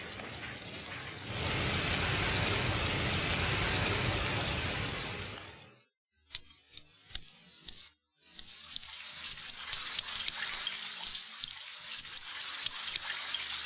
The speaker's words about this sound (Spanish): Está lloviendo. Oh, vamos, lluvia, detente ya. ¿Pero qué es esta lluvia? Lo que está cayendo no es solamente agua, es oscuro. 6 de agosto de 1945. Una lluvia oscura caía sin cesar en la parte noroeste de la ciudad.